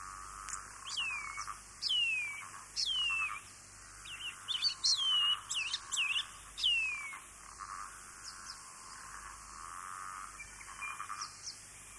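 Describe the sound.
Shining bronze cuckoo calling: a run of high, thin whistles, each sliding steeply downward, given in irregular bursts over steady background hiss.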